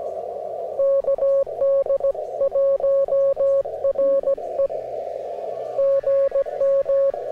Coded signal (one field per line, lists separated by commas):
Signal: Morse code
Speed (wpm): 19 wpm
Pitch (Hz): 560 Hz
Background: radio noise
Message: KD1RE GM